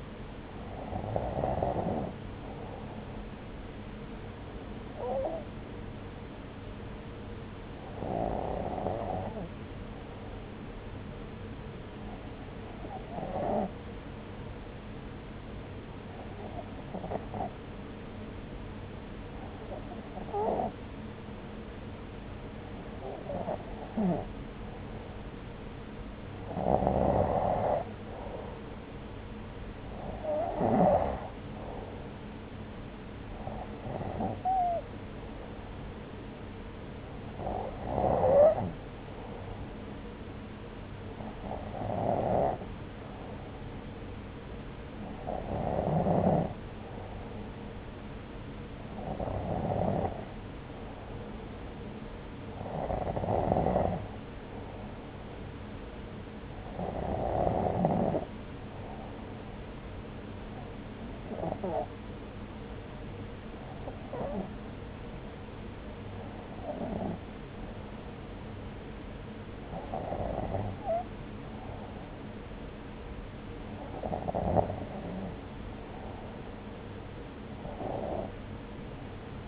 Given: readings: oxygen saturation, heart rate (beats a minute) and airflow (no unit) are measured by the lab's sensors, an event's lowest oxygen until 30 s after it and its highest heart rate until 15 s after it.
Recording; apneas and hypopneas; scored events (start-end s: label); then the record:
breathing in sleep by a voice recorder at the bedside; none
none scored
From the record:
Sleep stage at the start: N2 (light sleep); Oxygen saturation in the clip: 94 to 95%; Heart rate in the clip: 60 to 69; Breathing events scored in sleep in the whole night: 303 in 8.1 hours asleep